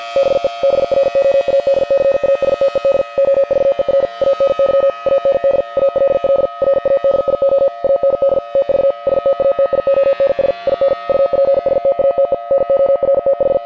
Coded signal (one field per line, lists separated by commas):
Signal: Morse code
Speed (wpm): 50 wpm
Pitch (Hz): 550 Hz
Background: none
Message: BE BROADCASTED OVER ANY AND ALL RADIO AND TV STATIONS IN UPSTATE NORTH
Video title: EAS Scenario - The Shearon-Harris Incident